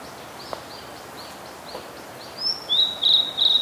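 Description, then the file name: Blue-and-white Flycatcher song fragment: faint high notes, then several loud, sharp, high-pitched repeated notes at the end. "oruri"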